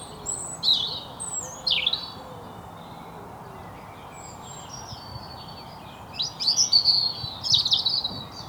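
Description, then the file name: European robin song in two high, thin warbled phrases separated by a quiet gap, each mixing sharp downslurred notes with sustained whistles. "Erithacus rubecula"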